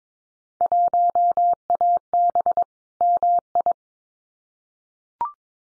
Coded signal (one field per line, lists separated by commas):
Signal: Morse code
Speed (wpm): 22 wpm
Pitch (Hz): 700 Hz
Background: none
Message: 1AB MI